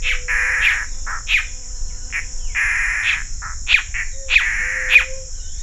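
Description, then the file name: Mato Grosso antbird giving rasping, buzzy notes in short runs, with a few sharper accented notes near the end, and a constant high insect hum behind. Recorded near Barão de Melgaço, Mato Grosso, Brazil, on 5 May 2006. "Cercomacra melanaria BMelgaco MT 5 5 2006 ASilveira"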